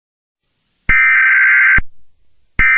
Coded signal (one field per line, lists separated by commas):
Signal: Emergency Alert System (SAME) tones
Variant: header bursts